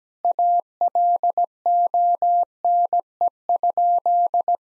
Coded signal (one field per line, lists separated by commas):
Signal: Morse code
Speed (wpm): 17 wpm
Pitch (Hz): 700 Hz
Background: none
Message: ALONE?